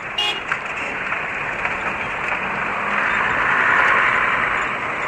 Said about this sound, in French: Enfin, les pick-up de la gendarmerie nigérienne arrivent. Juste le temps de sauter dans la voiture, notre convoi peut partir.